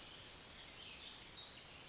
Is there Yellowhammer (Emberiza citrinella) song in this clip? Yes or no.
no